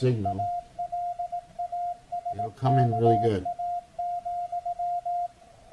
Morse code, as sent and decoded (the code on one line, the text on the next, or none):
.- .-.. .- ... -.- .- --..--
ALASKA,